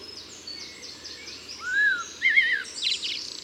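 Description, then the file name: Common blackbird giving a single smooth whistled note then a short warbled flourish and high twitter, partly masked by busy chirping of other birds. "Turdus merula"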